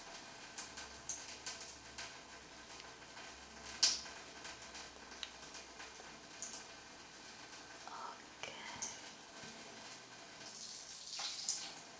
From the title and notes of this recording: ASMR Shampoo and Head Massage Roleplay.